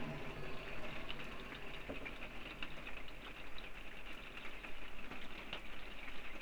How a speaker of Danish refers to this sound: Ja, nu får det regnet på campingsvognen i dag.